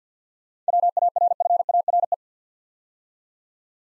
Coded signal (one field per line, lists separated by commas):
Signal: Morse code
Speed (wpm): 52 wpm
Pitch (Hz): 700 Hz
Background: none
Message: WARFARE